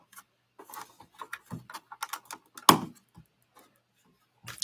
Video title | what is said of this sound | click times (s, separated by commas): "LEGO" McDonald's Live Build +Q&A | and it clicks right into place so | 2.7 s